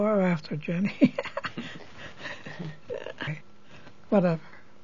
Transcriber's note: laughs